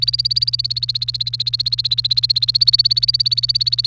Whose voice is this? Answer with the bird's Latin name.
Serinus canaria